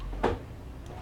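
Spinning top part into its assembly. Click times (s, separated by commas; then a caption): 0.2 s. A plastic spinning top part is pressed into its assembly and gives a single sharp click at 0.2 s, confirming it is properly engaged. The click stands out clearly over faint background noise, and the part is seated.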